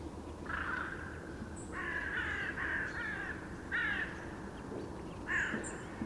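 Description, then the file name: Carrion crow cawing, several harsh, grating caws spaced irregularly. "Corvus corone"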